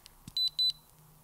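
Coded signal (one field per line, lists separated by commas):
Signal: beep code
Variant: power bank charge indicator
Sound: two quick high-pitched electronic beeps, each with a doubled pulse, in a quiet room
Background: quiet room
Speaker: one be means your 25% charged two beeps your um 50% charged three beeps 75 and four beeps means you're 100% charged and listen to this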